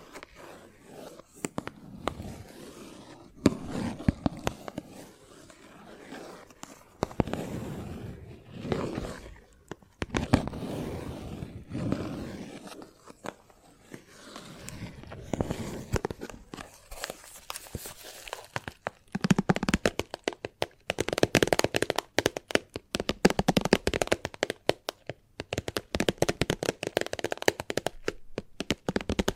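Chalk taps, scratches and scrapes against a hard surface in irregular bursts, with grainy strokes lasting a second or two between sharp clicks. The sound stays busy throughout, growing denser and more rapid in the last ten seconds with quick clustered taps.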